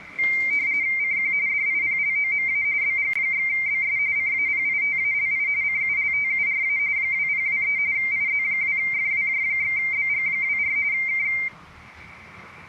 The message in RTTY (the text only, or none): CQ DIPLOMA BG/BS CAPITALI CULTURA 2023 IZ2FWJ/BG24 K